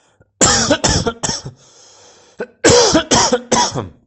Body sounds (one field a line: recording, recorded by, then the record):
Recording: voluntary cough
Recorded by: messaging app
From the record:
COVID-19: negative